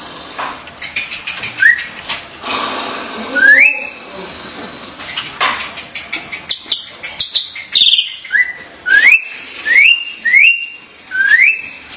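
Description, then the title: Starling song: several loud rising whistled notes, mixed with harsh chattering and clicks. "Kicau Burung Jalak"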